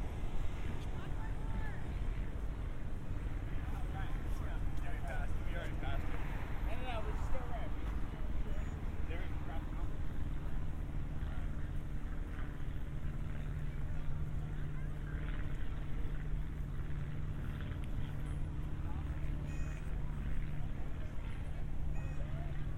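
A walk through San Diego streets, recorded binaurally, with a steady low rumble of traffic and engines running throughout. Voices murmur in the background, briefly clearer around the seventh second, and scattered clicks and small knocks come and go over the constant hum.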